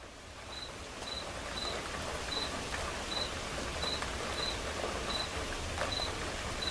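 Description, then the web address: Cricket chirping, short high chirps repeated over a steady hiss of soft rain. Quiet rain with crickets chirping alongside. "som de chuva silenciosa com acompanhamento de grilos"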